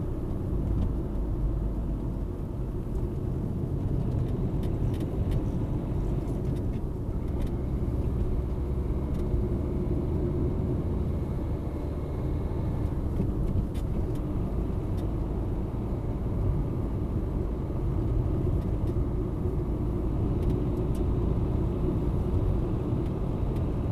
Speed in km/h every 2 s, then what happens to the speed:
57, 47, 49, 51, 53, 56, 58, 59, 59, 59, 60, 62.
3-11 speeds up to 58. 11-24 steady at about 59.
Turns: none.